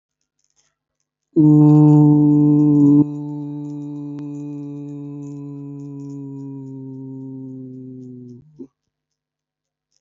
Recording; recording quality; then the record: sustained vowel as in boot; excellent, no background noise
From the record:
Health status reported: healthy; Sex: male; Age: 25 years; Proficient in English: yes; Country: India